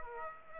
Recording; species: mosquito wingbeat signal from an infrared sensor; Aedes aegypti